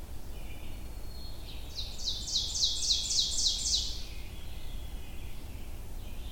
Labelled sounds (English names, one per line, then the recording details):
Ovenbird song
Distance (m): 30 m
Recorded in boreal forest in Alberta, Canada, on 22 June 2016 at 06:41
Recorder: SongMeter 3, array SBT-6-76
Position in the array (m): 165 m, 136 m
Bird 3